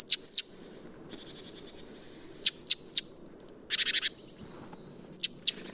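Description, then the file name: Great tit giving sharp, high descending call notes in pairs and triplets, with a buzzy chatter in between and a low background hum. "Parus major"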